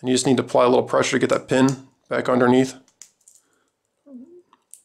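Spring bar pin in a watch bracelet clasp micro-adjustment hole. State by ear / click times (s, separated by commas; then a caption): seated / 4.7 s. Someone talks, then presses the spring-loaded pin of a metal watch bracelet clasp into the next micro-adjustment hole, moving it from the first hole to the second. After a few faint small sounds, the pin springs back out into the hole with a small, sharp metallic click at 4.7 s, and the pin is seated.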